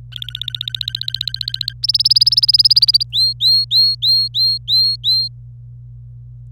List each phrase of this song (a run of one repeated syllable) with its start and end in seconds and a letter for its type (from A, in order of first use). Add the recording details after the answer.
0.12-1.73 A, 1.83-3.03 B, 3.12-5.28 C. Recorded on 26 April 2018 at 09:33. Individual llb3